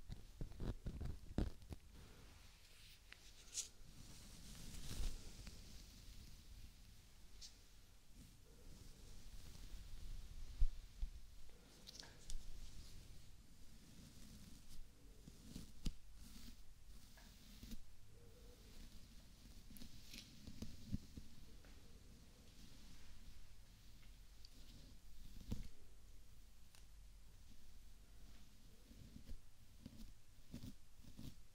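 Scalp scratching and hair brushing make a continuous soft rustle of quick, irregular scrapes and strokes. The hissy, scratchy texture swells and fades in waves, with slightly stronger strokes around 5, 11, 16 and 25 seconds, over a low muffled rumble.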